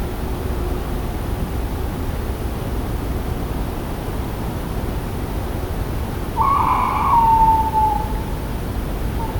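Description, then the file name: Tawny owl giving a single rough hoot that ends in a thin falling tail, after a long stretch of low hiss. "Strix aluco - Tawny Owl"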